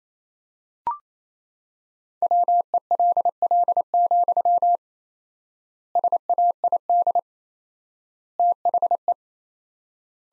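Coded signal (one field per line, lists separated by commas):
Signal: Morse code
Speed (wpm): 28 wpm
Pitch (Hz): 700 Hz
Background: none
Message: WELL, SAID THE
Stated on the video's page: Morse practice sentences built from the top 400 words, sent at 28 wpm with 4x standard word spacing, similar to Farnsworth but for words.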